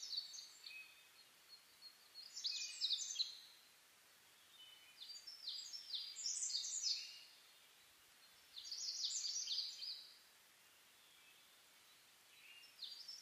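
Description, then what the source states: Bird song: bursts of high, rapid, jumbled whistled notes come about every three to four seconds, with quiet pauses between phrases. Dawn chorus (reimei) of birdsong (saezuri), 10 May 2010, 04:01, recorded with a DH-D50.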